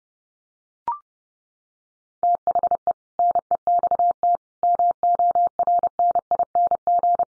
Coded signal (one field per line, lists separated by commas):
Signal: Morse code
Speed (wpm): 30 wpm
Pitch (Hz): 700 Hz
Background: none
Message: THE NEXT MORNING